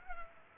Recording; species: mosquito wingbeat signal from an infrared sensor; Culex pipiens